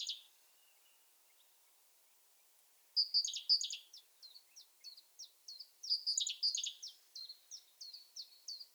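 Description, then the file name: Great tit call: a brief high burst, a pause, then sharp chattering notes and a long run of thin, high ticks, with another chattering spell partway through. "Parus major"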